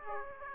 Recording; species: mosquito wingbeat signal from an infrared sensor; Aedes aegypti